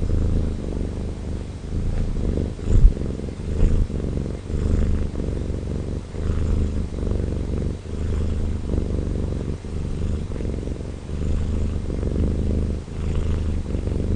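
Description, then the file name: Domestic cat purring steadily, a low throbbing rumble swelling and easing with its breathing, with a brief soft bump near the third second. Recorded 17 February 2011; domestic cat purring. "Purring Domestic Cat Rocky 20110217"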